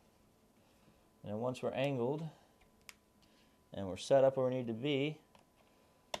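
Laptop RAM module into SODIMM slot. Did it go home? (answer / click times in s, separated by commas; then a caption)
yes / 6.1 s. Someone talks while the first SODIMM memory module of a 16 GB RAM upgrade is angled into its slot in a 2012 13-inch MacBook Pro and pushed down. A faint tick comes at 2.9 s, and a sharp click at 6.1 s marks the side clips latching and locking the module into place.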